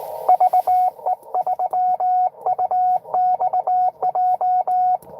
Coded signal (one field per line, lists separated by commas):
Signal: Morse code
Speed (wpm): 22 wpm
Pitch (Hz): 690 Hz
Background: radio noise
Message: VE3UXJ